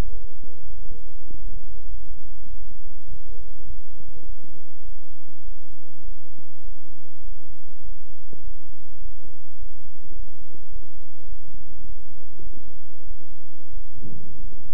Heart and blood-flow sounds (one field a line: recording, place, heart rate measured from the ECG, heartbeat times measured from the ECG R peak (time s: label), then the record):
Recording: heart sounds by stethoscope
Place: between the tricuspid and mitral areas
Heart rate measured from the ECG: 101 bpm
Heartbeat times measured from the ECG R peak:
0.06 s: heartbeat
0.67 s: heartbeat
1.27 s: heartbeat
1.87 s: heartbeat
2.46 s: heartbeat
3.05 s: heartbeat
3.64 s: heartbeat
4.22 s: heartbeat
4.82 s: heartbeat
5.41 s: heartbeat
6.01 s: heartbeat
6.61 s: heartbeat
7.21 s: heartbeat
7.81 s: heartbeat
8.40 s: heartbeat
8.98 s: heartbeat
9.56 s: heartbeat
10.12 s: heartbeat
10.69 s: heartbeat
11.25 s: heartbeat
11.82 s: heartbeat
12.39 s: heartbeat
13.03 s: heartbeat
13.70 s: heartbeat
14.36 s: heartbeat
From the record:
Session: bicycle stress test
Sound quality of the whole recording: good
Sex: male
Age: 26 years